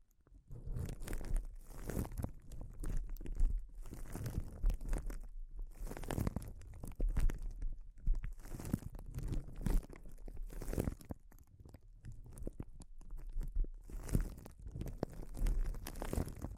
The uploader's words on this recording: ASMR Sensitive Crinkles (No Talking).